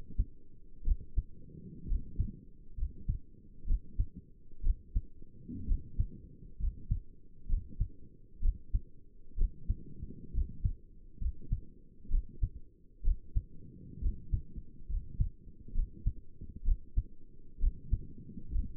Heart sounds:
heart sounds by stethoscope; 65 bpm
0.86 s: heartbeat
1.88 s: heartbeat
2.78 s: heartbeat
3.68 s: heartbeat
4.64 s: heartbeat
5.68 s: heartbeat
6.60 s: heartbeat
7.49 s: heartbeat
8.43 s: heartbeat
9.38 s: heartbeat
10.34 s: heartbeat
11.21 s: heartbeat
12.11 s: heartbeat
13.05 s: heartbeat
14.02 s: heartbeat
14.89 s: heartbeat
15.75 s: heartbeat
16.66 s: heartbeat
17.61 s: heartbeat
18.52 s: heartbeat
From the record:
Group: healthy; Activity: rest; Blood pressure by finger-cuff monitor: 65/45 mmHg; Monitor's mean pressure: 53 mmHg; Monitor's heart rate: 66 bpm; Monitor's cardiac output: 5.5 L/min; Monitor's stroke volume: 86 mL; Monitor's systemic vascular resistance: 670 dyn s/cm5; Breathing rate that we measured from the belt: 15 breaths a minute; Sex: male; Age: 22 years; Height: 181 cm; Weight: 79 kg

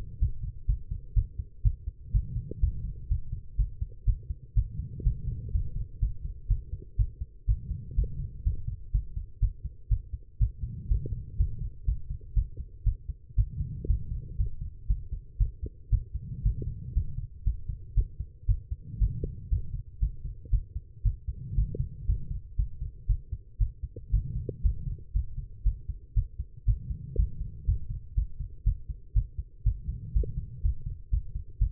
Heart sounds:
heart sounds by stethoscope; 120 bpm
0.20 s: heartbeat
0.67 s: heartbeat
1.15 s: heartbeat
1.63 s: heartbeat
2.12 s: heartbeat
2.61 s: heartbeat
3.09 s: heartbeat
3.57 s: heartbeat
4.06 s: heartbeat
4.55 s: heartbeat
5.04 s: heartbeat
5.53 s: heartbeat
6.01 s: heartbeat
6.48 s: heartbeat
6.97 s: heartbeat
7.47 s: heartbeat
7.96 s: heartbeat
8.44 s: heartbeat
8.92 s: heartbeat
9.40 s: heartbeat
9.89 s: heartbeat
10.39 s: heartbeat
10.89 s: heartbeat
11.38 s: heartbeat
11.86 s: heartbeat
12.35 s: heartbeat
12.84 s: heartbeat
13.36 s: heartbeat
13.88 s: heartbeat
14.38 s: heartbeat
14.88 s: heartbeat
15.38 s: heartbeat
15.90 s: heartbeat
16.43 s: heartbeat
16.94 s: heartbeat
17.45 s: heartbeat
17.95 s: heartbeat
18.47 s: heartbeat
18.99 s: heartbeat
19.50 s: heartbeat
20.00 s: heartbeat
20.51 s: heartbeat
21.03 s: heartbeat
21.56 s: heartbeat
22.07 s: heartbeat
22.57 s: heartbeat
23.07 s: heartbeat
23.58 s: heartbeat
24.11 s: heartbeat
24.63 s: heartbeat
25.13 s: heartbeat
25.64 s: heartbeat
26.14 s: heartbeat
26.66 s: heartbeat
27.17 s: heartbeat
27.66 s: heartbeat
28.15 s: heartbeat
28.64 s: heartbeat
29.14 s: heartbeat
29.64 s: heartbeat
30.14 s: heartbeat
30.63 s: heartbeat
31.11 s: heartbeat
31.59 s: heartbeat
From the record:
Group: healthy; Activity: rest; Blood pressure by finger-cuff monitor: 130/73 mmHg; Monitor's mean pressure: 89 mmHg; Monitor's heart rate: 121 bpm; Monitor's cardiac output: 9.6 L/min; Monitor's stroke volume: 81 mL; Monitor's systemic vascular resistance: 650 dyn s/cm5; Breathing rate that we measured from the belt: 22 breaths a minute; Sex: female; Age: 19 years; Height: 163 cm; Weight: 51 kg

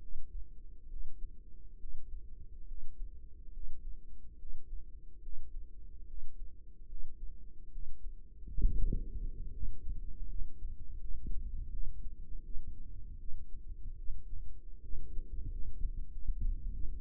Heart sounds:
heart sounds by microphone in the right ear; 76 bpm
0.88 s: heartbeat
1.78 s: heartbeat
2.66 s: heartbeat
3.52 s: heartbeat
4.37 s: heartbeat
5.21 s: heartbeat
6.06 s: heartbeat
6.87 s: heartbeat
7.71 s: heartbeat
8.60 s: heartbeat
9.51 s: heartbeat
10.26 s: heartbeat
10.99 s: heartbeat
11.70 s: heartbeat
12.43 s: heartbeat
13.18 s: heartbeat
13.97 s: heartbeat
14.82 s: heartbeat
15.49 s: heartbeat
16.11 s: heartbeat
16.72 s: heartbeat
From the record:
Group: healthy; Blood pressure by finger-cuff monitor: 101/56 mmHg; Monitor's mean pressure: 69 mmHg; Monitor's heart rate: 73 bpm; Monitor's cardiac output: 6.5 L/min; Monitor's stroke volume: 90 mL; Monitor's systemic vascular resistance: 750 dyn s/cm5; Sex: female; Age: 22 years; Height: 157 cm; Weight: 47.6 kg

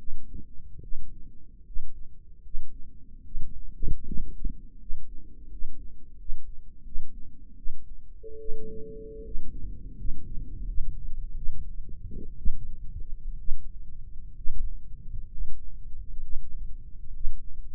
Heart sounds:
heart sounds by microphone in the right ear; 74 bpm
0.81 s: heartbeat
1.64 s: heartbeat
2.42 s: heartbeat
3.24 s: heartbeat
4.05 s: heartbeat
4.79 s: heartbeat
5.49 s: heartbeat
6.17 s: heartbeat
6.83 s: heartbeat
7.56 s: heartbeat
8.38 s: heartbeat
9.23 s: heartbeat
9.95 s: heartbeat
10.65 s: heartbeat
11.35 s: heartbeat
12.37 s: heartbeat
13.38 s: heartbeat
14.35 s: heartbeat
15.29 s: heartbeat
16.20 s: heartbeat
17.12 s: heartbeat
From the record:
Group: healthy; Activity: rest 0-9 s, Valsalva maneuver 9-18 s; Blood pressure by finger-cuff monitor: 95/59 mmHg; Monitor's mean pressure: 68 mmHg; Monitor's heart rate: 74 bpm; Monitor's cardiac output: 6.2 L/min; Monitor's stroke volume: 82 mL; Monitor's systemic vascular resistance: 800 dyn s/cm5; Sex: female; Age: 22 years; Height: 163 cm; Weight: 67.1 kg

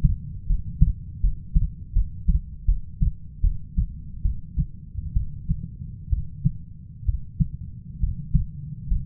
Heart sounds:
heart sounds by stethoscope; 71 bpm
0.46 s: heartbeat
1.20 s: heartbeat
1.93 s: heartbeat
2.65 s: heartbeat
3.41 s: heartbeat
4.22 s: heartbeat
5.13 s: heartbeat
6.09 s: heartbeat
7.05 s: heartbeat
8.00 s: heartbeat
8.88 s: heartbeat
From the record:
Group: healthy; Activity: rest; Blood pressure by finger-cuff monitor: 139/71 mmHg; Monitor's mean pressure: 90 mmHg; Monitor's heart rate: 73 bpm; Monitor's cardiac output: 6.5 L/min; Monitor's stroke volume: 87 mL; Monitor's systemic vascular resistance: 1030 dyn s/cm5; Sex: female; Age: 37 years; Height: 168 cm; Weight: 70 kg

